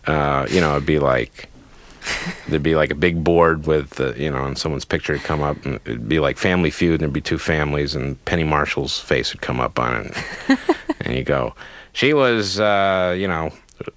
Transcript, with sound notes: you know, it'd be like - there'd be, like, a big board with - you know, and someone's picture would come up. And it'd be like "Family Feud," and there'd be two families, and Penny Marshall's face would come up on it.
(Laughter).
And you go, she was, you know,